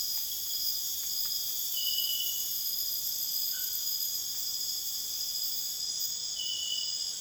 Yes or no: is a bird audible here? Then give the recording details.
no. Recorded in dense forest near Puerto Asís, Putumayo, Colombia, on 22 June 2025 at 23:00. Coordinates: 0.484, -76.325. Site H65